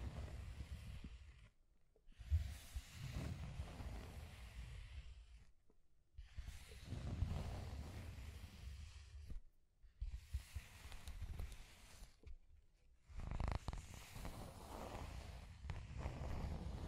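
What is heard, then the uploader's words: Scratching and tracing sounds come in long strokes of a few seconds each, separated by brief silences near 2, 6, 9.5 and 12.5 seconds. The rubbing is steady within each stroke, with a low, full body and a soft, airy hiss above. ASMR Mind Tingling Scratching and Tracing Sounds (No Talking).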